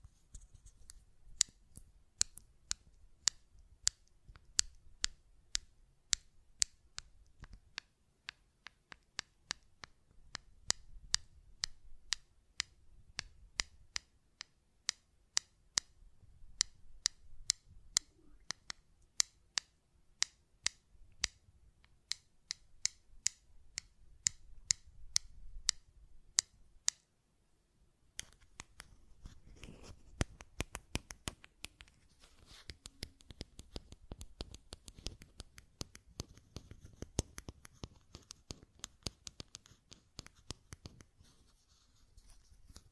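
Button clicking and tapping, sharp dry clicks coming in quick, fairly regular bursts for the first twenty-seven seconds, with short pauses between runs. After a brief gap near twenty-eight seconds, the clicks become denser and more irregular, layered over a soft low rumble.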